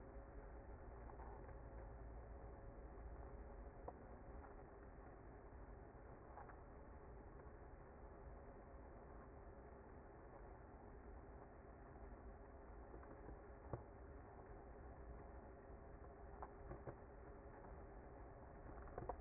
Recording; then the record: honeybee colony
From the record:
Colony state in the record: active